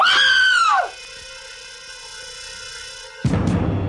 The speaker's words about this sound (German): Die Türe war offen. Wir gingen hinein. Was danach kam, war der übliche Schrei einer Frau beim Anblick einer Leiche.